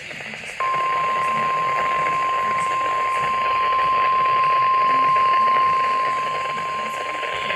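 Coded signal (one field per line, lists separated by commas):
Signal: Emergency Alert System (SAME) tones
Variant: 1050 Hz attention tone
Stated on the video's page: Required weekly test on NOAA Weather Radio station, transmitter from NWS San Diego.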